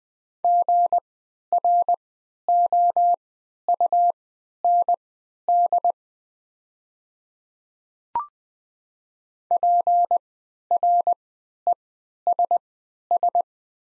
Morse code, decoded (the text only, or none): GROUND PRESS